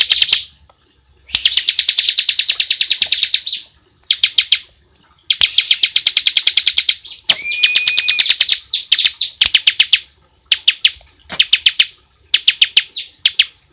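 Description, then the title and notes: Bar-winged prinia trilling: dense, fast ticking rattles that start and stop in bursts, plus one brief steady whistled tone midway. Ngebren song style, used as a tutor recording for training caged white-rumped shamas. "Ciblek Ngebren Untuk Masteran Murai Batu. Suara burung ciblek"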